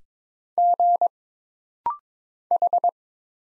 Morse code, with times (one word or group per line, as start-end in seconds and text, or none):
0.6-1.1 G
2.5-2.9 H